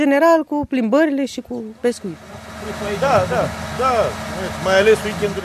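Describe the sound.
A man speaks for about two seconds, then a steady, low motorboat engine drone rises and runs to the end, with a voice continuing over the rumble. The motorboat is travelling from Krishan to Sulina in the Danube Delta, Romania.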